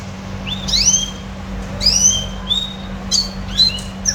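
Red siskin song with clear upward-sweeping whistled notes, several in quick succession, each a bright rising slur, over a faint steady hum.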